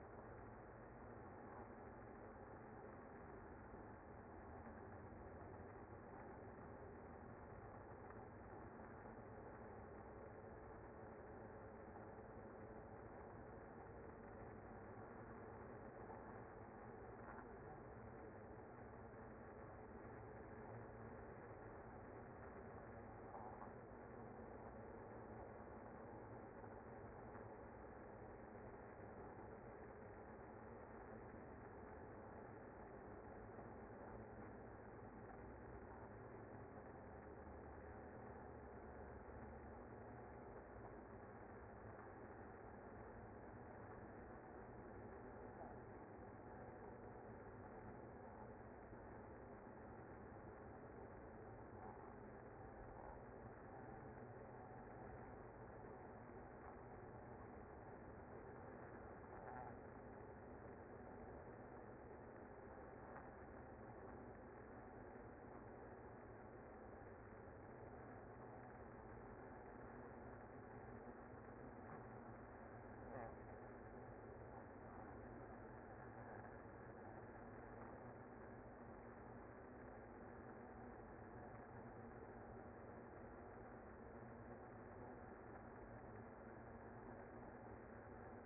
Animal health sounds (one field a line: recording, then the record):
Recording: honeybee colony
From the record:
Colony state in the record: active